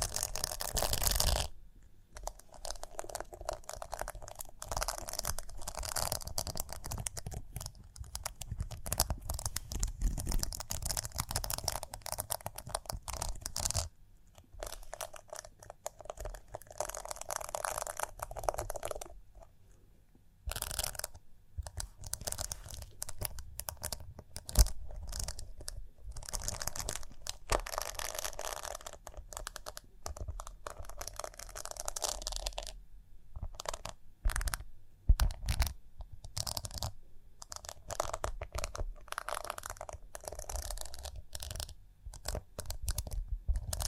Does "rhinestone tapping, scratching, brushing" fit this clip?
yes